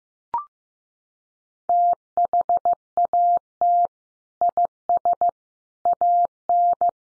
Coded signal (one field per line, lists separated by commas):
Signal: Morse code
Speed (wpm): 15 wpm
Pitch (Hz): 700 Hz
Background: none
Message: THAT IS AN